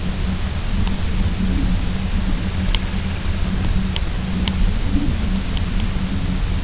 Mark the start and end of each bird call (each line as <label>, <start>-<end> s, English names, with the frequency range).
Semipalmated Sandpiper (1.2-3.4 kHz), 2.04-3.83 s